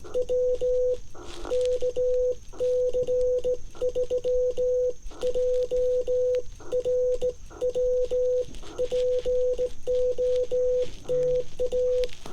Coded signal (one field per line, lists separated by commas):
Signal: Morse code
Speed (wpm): 17 wpm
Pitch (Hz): 500 Hz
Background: none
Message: W KC3JRW POTA